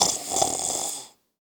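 A single snore from an adult human, lasting about one second, airy and hissing with a faint flutter, that fades to silence.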